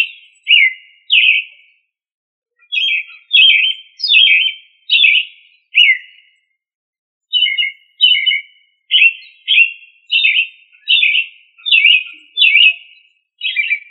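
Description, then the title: Thrush singing a long run of brief whistled phrases, varied in shape, delivered in quick succession with a couple of short breaks; no other sounds. "Familia Turdidae - Sabia"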